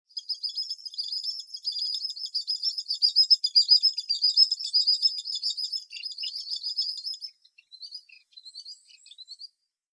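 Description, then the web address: Common sandpiper giving a long, fast trill of high, thin, twittering notes for about seven seconds, then a few scattered shorter high notes. "isoshigi"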